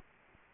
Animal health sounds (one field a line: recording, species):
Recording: mosquito wingbeat signal from an infrared sensor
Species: Anopheles arabiensis